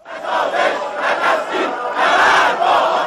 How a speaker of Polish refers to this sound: Tysiące Irakijczyków zgromadziły się w centrum Bagdadu, by wziąć udział w procesji żałobnej ku czci irańskiego generała. Wznoszone są okrzyki śmierci Ameryce.